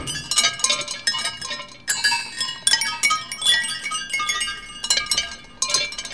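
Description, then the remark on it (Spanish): Glasses clinking together over and over in bright, ringing chimes, several strikes overlapping in an irregular stream with shimmering high tones that linger between hits. No voices. “Cristales.”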